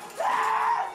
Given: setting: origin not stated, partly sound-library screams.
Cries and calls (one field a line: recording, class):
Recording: one-second piece from a danger detection set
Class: woman in danger